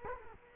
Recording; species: mosquito wingbeat signal from an infrared sensor; Culex quinquefasciatus